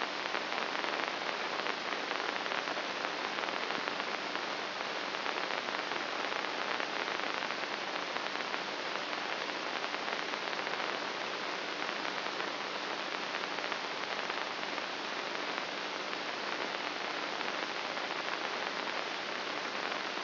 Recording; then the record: brain microelectrode recording played as sound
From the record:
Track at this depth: outside the subthalamic nucleus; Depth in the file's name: 6.24 mm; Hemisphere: right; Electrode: 3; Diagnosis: Parkinson's disease